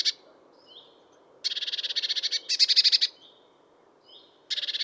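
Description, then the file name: Eurasian blue tit calling, a few loud scratchy rattles with soft high thin notes in the pauses. "Cyanistes caeruleus"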